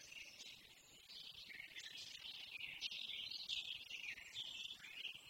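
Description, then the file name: Eurasian blackcap song, a continuous, rapid warble of varied high notes, with faint background hiss. "Sylvia atricapilla"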